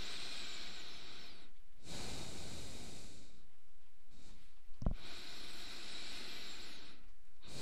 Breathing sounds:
nose breathing near a microphone
0.00-1.56 s: inhalation
1.56-3.31 s: exhalation
4.84-7.28 s: inhalation
7.28-7.62 s: exhalation
From the record:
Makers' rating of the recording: medium

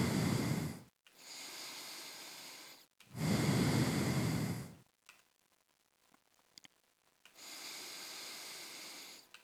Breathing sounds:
nose breathing near a microphone
0.00-1.05 s: exhalation
1.05-3.00 s: inhalation
3.00-5.10 s: exhalation
7.25-9.30 s: inhalation
From the record:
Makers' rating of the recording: medium

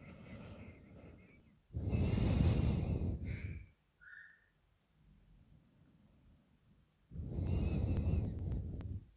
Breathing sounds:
nose breathing near a microphone
0.00-1.66 s: inhalation
1.66-3.38 s: exhalation
5.07-7.00 s: inhalation
7.00-9.17 s: exhalation
From the record:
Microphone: phone

